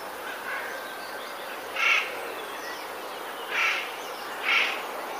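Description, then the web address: Eurasian jay giving harsh, rasping screeches, three short tearing bursts spaced about one to two seconds apart over a quiet background hiss. Warning calls; recorded 7 April 2019. "wroblowe ostrzegator sojka 07 04 2019"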